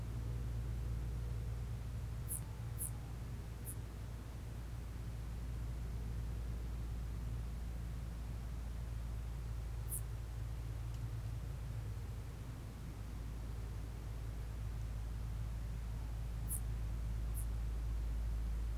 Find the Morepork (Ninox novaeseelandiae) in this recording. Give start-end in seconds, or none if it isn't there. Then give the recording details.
2.31-3.19, 15.81-16.72. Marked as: faintness 5/5. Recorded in New Zealand on 1 June 2017. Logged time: 19:46. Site Taranaki